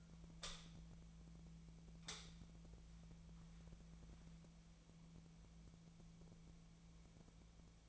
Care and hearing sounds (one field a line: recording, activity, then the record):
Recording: daily activity, microphone in the room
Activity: light on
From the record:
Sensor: 1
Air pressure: 1009.9 hPa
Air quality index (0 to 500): 189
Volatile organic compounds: 17 ppm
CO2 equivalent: 2592 ppm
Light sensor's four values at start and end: 37/96/40/49 and 41/109/45/55